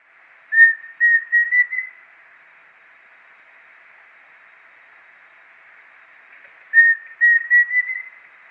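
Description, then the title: Pheasant cuckoo giving two identical phrases about six seconds apart, each a pure whistle followed by three quick, gradually rising notes; otherwise quiet. "LuckyPassaro Completos2Sama. Pheasant Cuckoo (Dromococcyx phasianellus)"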